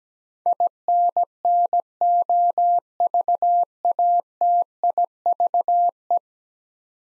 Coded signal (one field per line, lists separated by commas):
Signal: Morse code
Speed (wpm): 17 wpm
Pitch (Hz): 700 Hz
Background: none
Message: INNOVATIVE